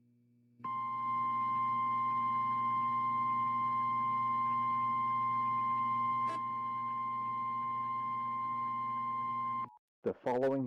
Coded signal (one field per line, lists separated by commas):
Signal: Emergency Alert System (SAME) tones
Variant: 1050 Hz attention tone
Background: speech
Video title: High warning EAS In Watertown, ny